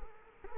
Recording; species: mosquito wingbeat signal from an infrared sensor; Culex quinquefasciatus